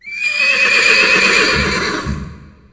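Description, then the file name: Horse giving one long, shrill whinny that lasts over two seconds and fades away at the end. "paard"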